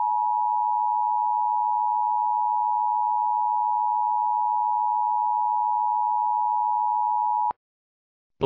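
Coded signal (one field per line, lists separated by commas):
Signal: Emergency Alert System (SAME) tones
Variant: 853 and 960 Hz attention tone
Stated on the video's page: Fictional EAS scenario, simulated alert about heavy rain during cold winter temperatures.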